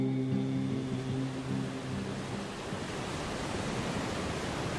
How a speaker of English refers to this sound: Well, I'm sitting here on Cromer Pier with the waves lapping in the background,